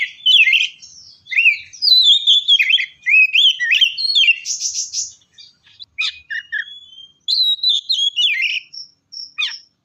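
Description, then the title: Oriental magpie-robin singing a dense, varied stream of whistles, warbles and a buzzy phrase, then sparser whistled notes toward the end. "kacer"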